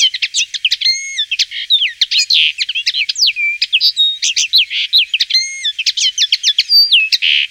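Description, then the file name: Common linnet song, a fast continuous twitter of short chirps, buzzy notes and bent whistles, tumbling along without pause for the whole stretch. "linotte"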